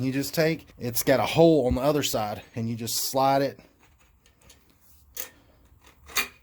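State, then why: Seated. Someone talks, then a Pro Eagle floor jack's stepped-down handle section with a spring push button is slid into the hole of the other steel handle section, making faint scraping sounds and a sharp tap around 5.2 s. The push button pops through and locks the handle sections together with a loud, sharp click at 6.2 s.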